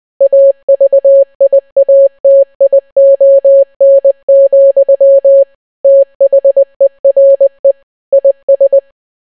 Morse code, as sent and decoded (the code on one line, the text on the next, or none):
.- ...- .. .- - .. --- -. --..-- / - .... . .-. . / .. ...
AVIATION, THERE IS